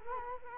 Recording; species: mosquito wingbeat signal from an infrared sensor; Culex quinquefasciatus